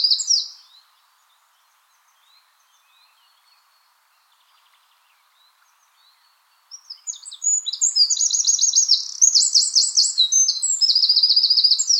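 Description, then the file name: Eurasian wren song: a brief burst at the start, then after a long pause a loud, very high, rapid outpouring of trills and ringing notes. "Troglodytes troglodytes"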